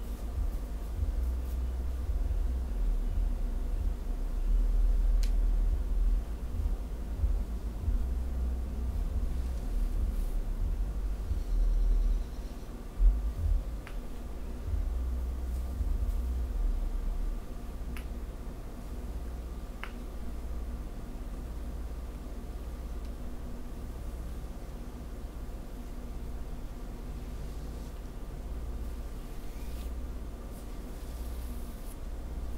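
Back scratching and fabric sounds blend into a steady, soft rustling hiss with a deep rumble underneath, fuller in the first half. A few short sharp ticks stand out, near 5, 13, 18 and 20 seconds, and the sound eases slightly toward the end.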